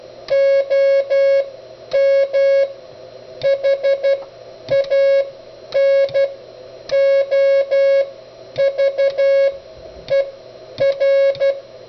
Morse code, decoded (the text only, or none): OM HANOVER